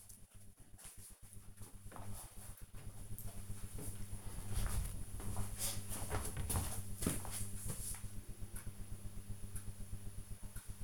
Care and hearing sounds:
household activities, microphone on the right wrist
none

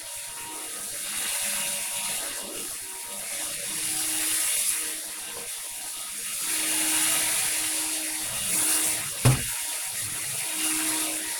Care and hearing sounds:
household activities, microphone on the right wrist
0.00-11.40 s: vacuum cleaning

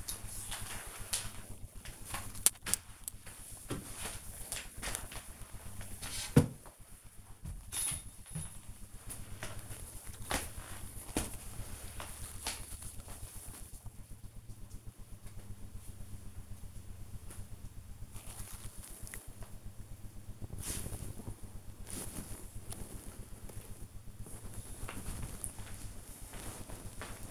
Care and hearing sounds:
household activities, microphone on the right wrist
0.00-14.93 s: floor cleaning

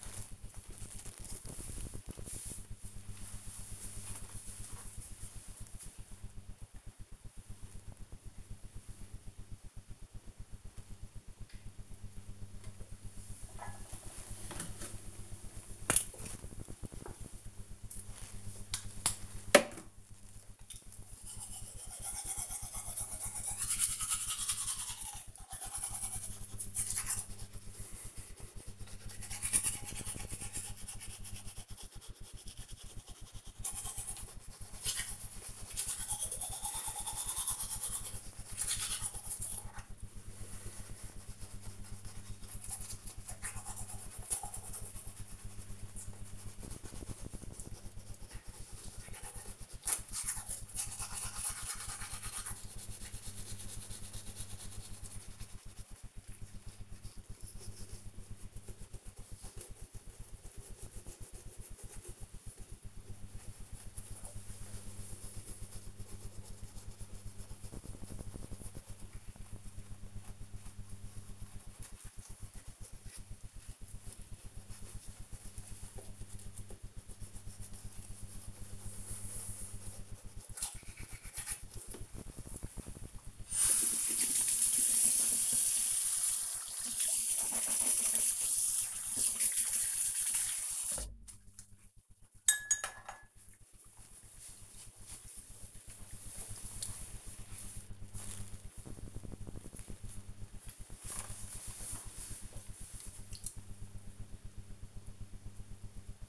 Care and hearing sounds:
household activities, microphone on the right wrist
12.46-91.84 s: brushing teeth

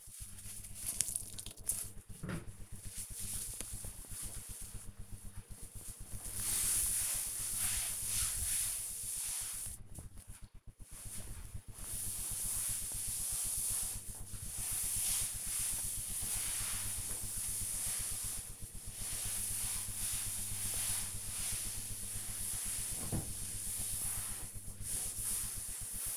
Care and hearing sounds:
household activities, microphone on the right wrist
0.00-26.17 s: cleaning table

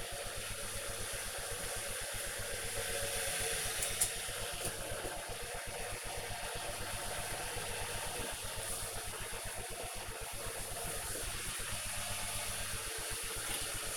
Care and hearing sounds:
household activities, microphone on the right wrist
0.00-13.97 s: making tea

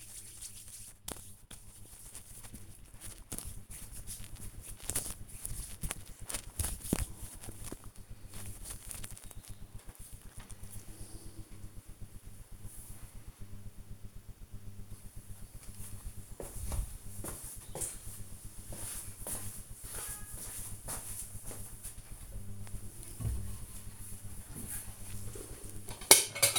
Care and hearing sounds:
household activities, microphone on the right wrist
0.00-8.79 s: disinfecting hands
21.88-26.59 s: putting away the dishes

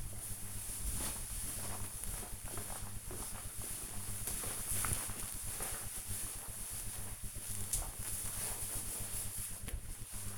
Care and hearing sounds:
household activities, microphone on the right wrist
8.29-10.38 s: putting away the dishes

